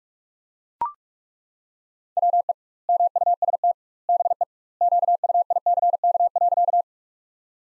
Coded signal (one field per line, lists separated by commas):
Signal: Morse code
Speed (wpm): 42 wpm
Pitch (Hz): 700 Hz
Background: none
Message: WE MUST BE QUICK.